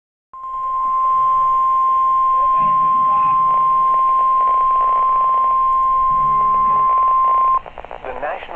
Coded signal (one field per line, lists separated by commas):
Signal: Emergency Alert System (SAME) tones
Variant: 1050 Hz attention tone